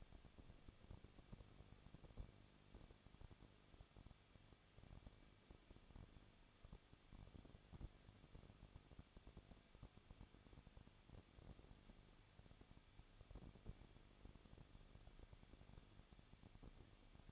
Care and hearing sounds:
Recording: daily activity, microphone in the room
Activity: no activity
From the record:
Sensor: 4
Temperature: 23.1 degrees Celsius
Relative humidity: 34.1%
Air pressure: 1007.2 hPa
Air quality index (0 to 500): 215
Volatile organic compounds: 15 ppm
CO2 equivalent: 2484 ppm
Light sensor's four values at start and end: 2/3/1/1 and 2/3/1/1

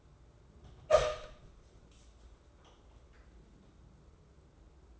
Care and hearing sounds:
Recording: daily activity, microphone in the room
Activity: open door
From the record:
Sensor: 3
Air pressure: 994.3 hPa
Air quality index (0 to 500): 202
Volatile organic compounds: 1000 ppm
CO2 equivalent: 6739 ppm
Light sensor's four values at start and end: 157/376/157/154 and 169/406/170/169

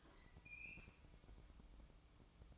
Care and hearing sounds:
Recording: daily activity, microphone in the room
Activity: open fridge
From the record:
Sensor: 1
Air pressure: 1007.8 hPa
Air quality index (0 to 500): 103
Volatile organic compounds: 1 ppm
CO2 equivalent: 879 ppm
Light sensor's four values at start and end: 11/28/11/13 and 11/28/11/13

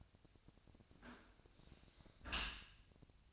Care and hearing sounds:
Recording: daily activity, microphone in the room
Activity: close dishwasher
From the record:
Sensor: 2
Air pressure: 1003.0 hPa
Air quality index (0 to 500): 198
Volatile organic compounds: 6 ppm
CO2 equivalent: 1882 ppm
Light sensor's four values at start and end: 15/37/16/17 and 15/37/16/17

